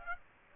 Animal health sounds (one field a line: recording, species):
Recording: mosquito wingbeat signal from an infrared sensor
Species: Aedes aegypti